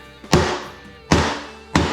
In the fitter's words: There it goes. You can usually hear it make a snap sound, and you can feel it with your fingers.